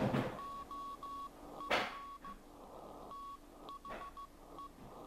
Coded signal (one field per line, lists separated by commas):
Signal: Morse code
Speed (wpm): 15 wpm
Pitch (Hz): 1120 Hz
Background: none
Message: OEN THE